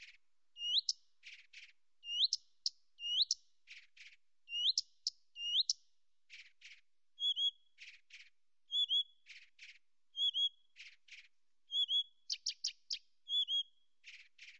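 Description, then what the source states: Blyth's reed warbler song, unhurried and repetitive: slurred whistled notes alternating with dry ticking notes, phrases repeating at a steady pace over a quiet background. Nominate subspecies Acrocephalus dumetorum dumetorum.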